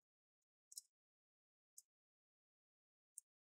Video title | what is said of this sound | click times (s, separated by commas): How to Repaste and Clean Acer Aspire 5 A514-53-56UF Laptop - Step by Step | you need to do is just twist it and you want to hear that next sound those are the clips are getting loose | 0.7 s, 0.8 s, 1.8 s, 3.2 s